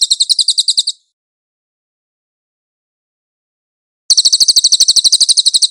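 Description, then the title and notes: Cililin trill of quick, high chirps that stops, followed by three seconds of silence and a renewed rapid run of bright notes. Cililin song with clear audio, for training cage birds. "MASTER SUARA BURUNG CILILIN, AUDIO JERNIH. CICILIN"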